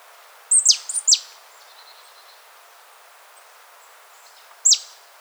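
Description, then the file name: Marsh tit calls: a quick burst of sharp, steeply falling notes, then, after a pause of a few seconds, one more matching note. "Poecile palustris"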